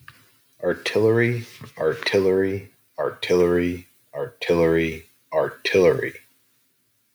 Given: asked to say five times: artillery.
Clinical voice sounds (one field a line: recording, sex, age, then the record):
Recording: repeated word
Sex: male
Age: 40 to 49 years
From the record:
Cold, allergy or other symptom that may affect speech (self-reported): no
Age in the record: 41 years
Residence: Arizona, United States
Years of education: 17